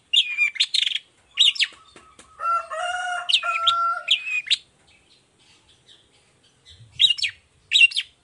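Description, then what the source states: Long-tailed shrike song mixing quick high chirps with a drawn-out, nasal, buzzy phrase in the middle, then a pause and two more sharp notes. Chatty (gacor) long-tailed shrike singing in the morning with the 'toet toet' variation; clear voice, full variation, easy for any shrike to imitate.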